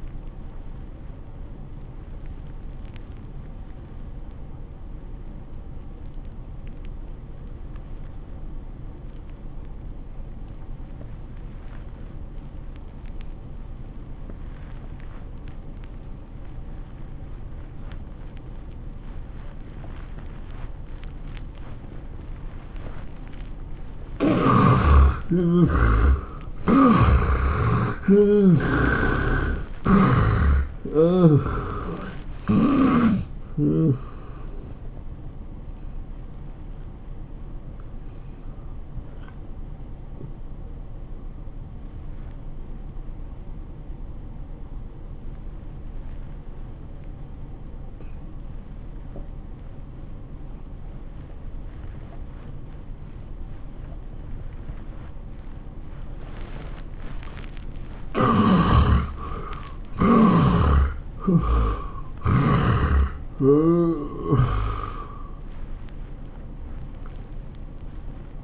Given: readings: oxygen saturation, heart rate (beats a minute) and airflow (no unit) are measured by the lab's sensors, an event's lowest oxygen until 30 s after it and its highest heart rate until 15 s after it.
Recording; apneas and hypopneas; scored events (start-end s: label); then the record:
breathing in sleep by a smartphone at the bedside; 2
6.00-24.60 s: obstructive apnea (N1, oxygen 95% highest, then 71% lowest, heart rate 77 at the start, 104 highest)
43.00-59.90 s: obstructive apnea (N1, oxygen 85% highest, then 75% lowest, heart rate 91 at the start, 100 highest)
From the record:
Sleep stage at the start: N1 (lightest sleep); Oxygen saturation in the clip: 71 to 95%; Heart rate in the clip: 76 to 104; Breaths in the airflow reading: 9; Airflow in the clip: -18.6 to 11.6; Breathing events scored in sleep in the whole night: 403 in 5.5 hours asleep